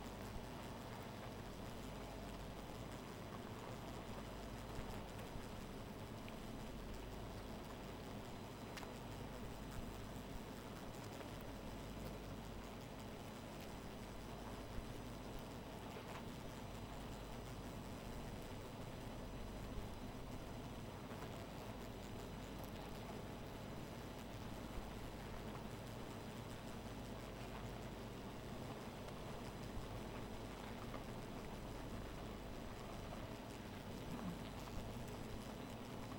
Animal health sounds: honeybee colony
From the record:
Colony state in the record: missing queen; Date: 14 July 2017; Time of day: 2:09

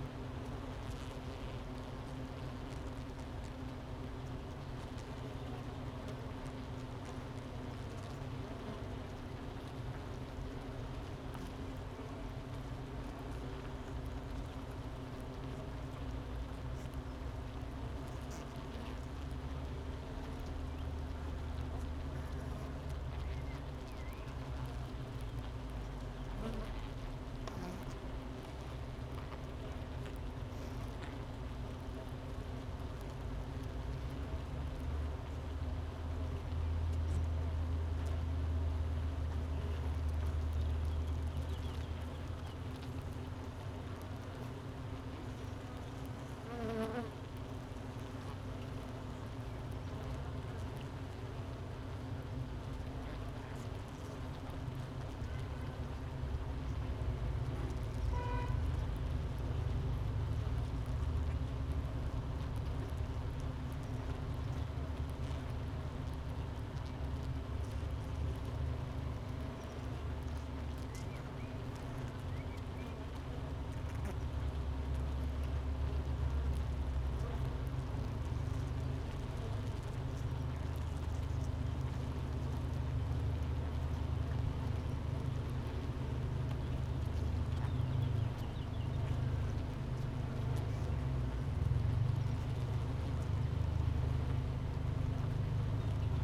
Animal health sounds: honeybee colony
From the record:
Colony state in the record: missing queen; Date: 31 May 2018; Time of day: 9:57

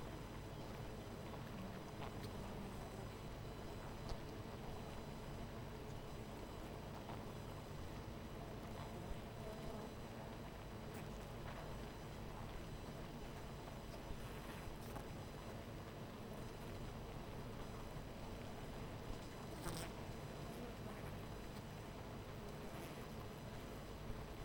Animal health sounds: honeybee colony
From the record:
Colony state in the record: missing queen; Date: 14 July 2017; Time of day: 12:46

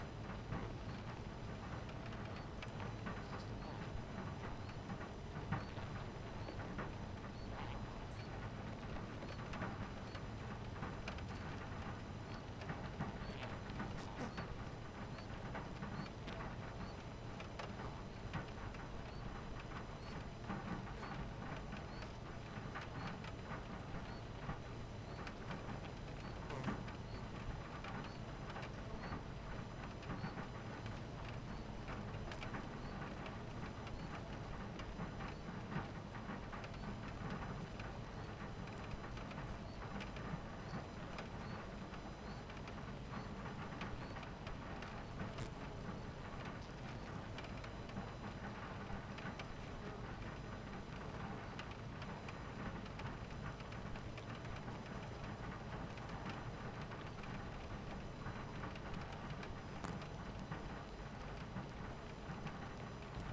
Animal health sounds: honeybee colony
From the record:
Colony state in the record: missing queen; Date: 14 July 2017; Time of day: 11:50

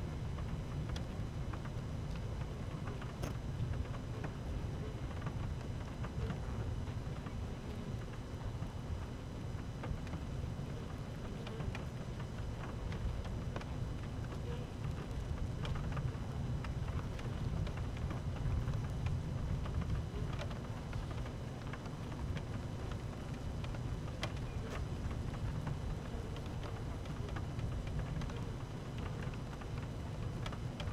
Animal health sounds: honeybee colony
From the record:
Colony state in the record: active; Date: 12 June 2018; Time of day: 12:48

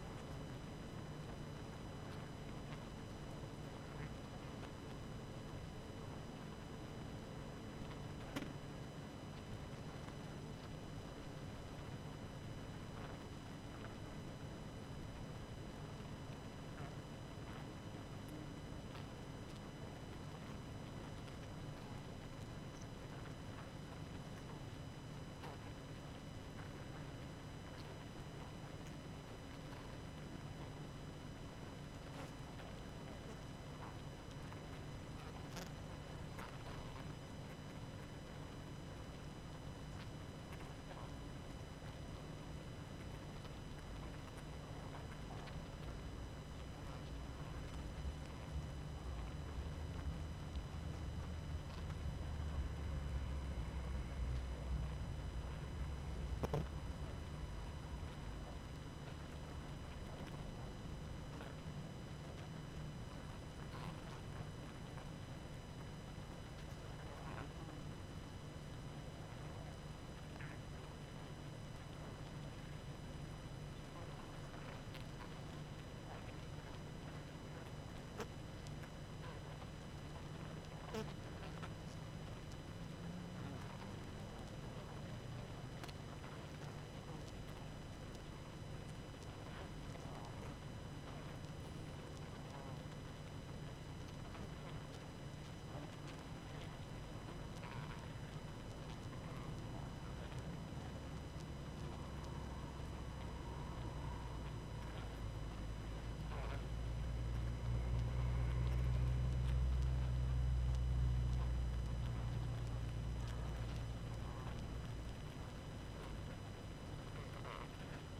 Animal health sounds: honeybee colony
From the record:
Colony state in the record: active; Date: 12 June 2018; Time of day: 19:51

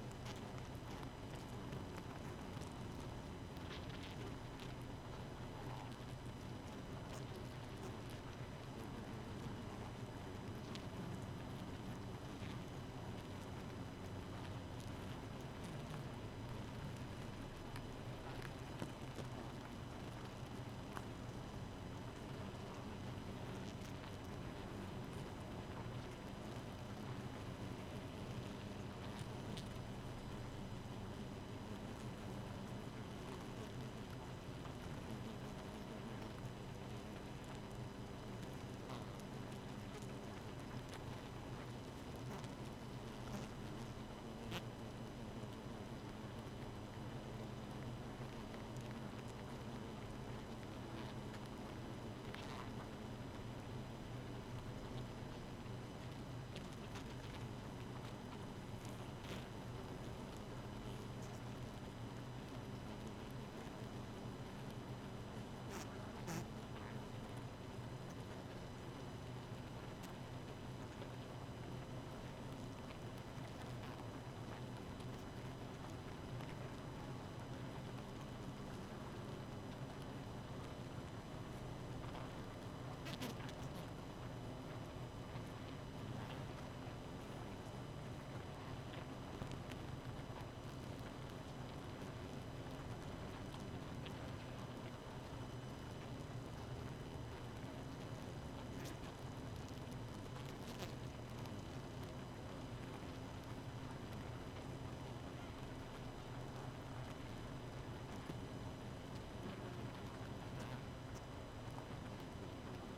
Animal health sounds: honeybee colony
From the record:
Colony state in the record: missing queen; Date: 31 May 2018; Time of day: 0:21

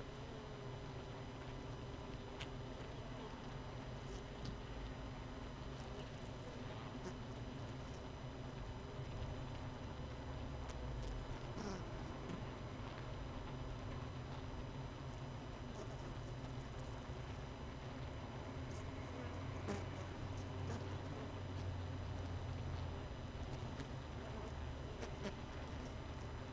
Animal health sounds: honeybee colony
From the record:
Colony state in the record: missing queen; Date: 31 May 2018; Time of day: 18:25

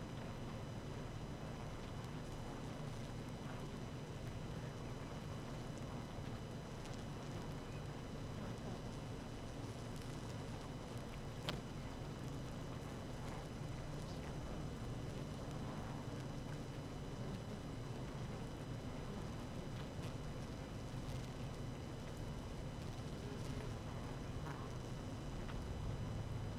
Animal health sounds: honeybee colony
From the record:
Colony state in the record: active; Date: 12 June 2018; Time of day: 18:12

